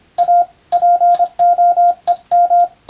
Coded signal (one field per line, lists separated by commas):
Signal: Morse code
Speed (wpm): 25 wpm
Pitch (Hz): 700 Hz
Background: radio noise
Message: A POEM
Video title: スマホ時代の今でも行われているモールスの国家試験の練習風景です。通信技術の原点！アマチュア無線ハムの受信練習にもどうぞ(morse code practice for radio operator )